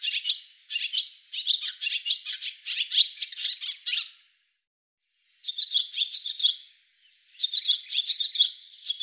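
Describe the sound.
Bird calling in a long chatter of quick high chirps for four seconds, then silence, then two more chirping runs.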